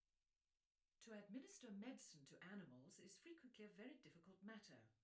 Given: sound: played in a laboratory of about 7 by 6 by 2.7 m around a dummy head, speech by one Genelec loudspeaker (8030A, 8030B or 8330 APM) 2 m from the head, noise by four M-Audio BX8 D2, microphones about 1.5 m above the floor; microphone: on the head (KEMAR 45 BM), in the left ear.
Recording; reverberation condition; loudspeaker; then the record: female speech in English; low; 150 degrees to the right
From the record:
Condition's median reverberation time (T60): about 310 ms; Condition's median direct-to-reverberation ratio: about 3.5 dB